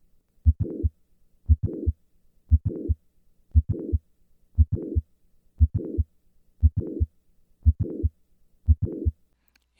Mitral Valve Prolapse. Standing. Classic click murmur complex moves later with squat maneuver and earlier with standing.